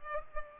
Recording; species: mosquito wingbeat signal from an infrared sensor; Culex pipiens